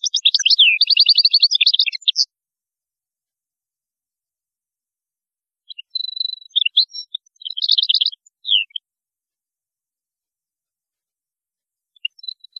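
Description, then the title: European goldfinch song: a long rapid burst of jangling, tinkling twitters, then after a pause a second chattering phrase and a few faint closing chirps. "Chant Chardonneret"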